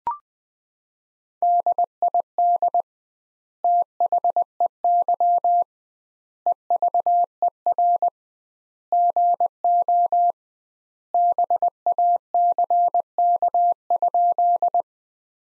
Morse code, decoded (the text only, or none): DID THEY EVER GO BACK?